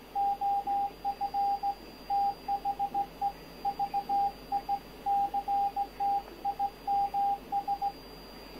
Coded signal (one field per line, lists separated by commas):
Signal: Morse code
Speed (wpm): 17 wpm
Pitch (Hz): 800 Hz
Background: radio noise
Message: OF THE VICTIMS